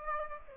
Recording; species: mosquito wingbeat signal from an infrared sensor; Aedes aegypti